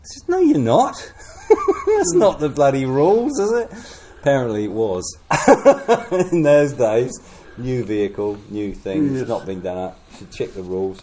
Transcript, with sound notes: I said, “No you’re not!” [Chuckle] “That’s not the bloody rules, is it?” Apparently it was [chuckle] in those days – new vehicle, new things not being done up; you should check the rules.